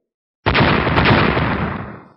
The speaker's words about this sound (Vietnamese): Một tiếng lại một tiếng nổ phát ra, giếng cổ dường như có thứ gì đó sắp xuất hiện, không ngừng tấn công vách giếng, làm cho Đại Nguyệt Pha chấn động, núi sông rung chuyển mãnh liệt.